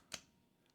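A rechargeable battery is slid into the opening of the battery compartment on an Insta360 Ace Pro action camera. A short, sharp hit at 0.1 s marks the battery reaching the end, followed by a faint soft tick near 0.7 s. The battery is seated fully in its compartment.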